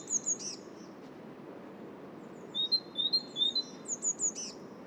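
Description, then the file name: Great tit song: bright, squeaky two-note phrases repeated quickly in a short burst, then a longer run of the same see-sawing notes after a pause. "Great Tit Parus major"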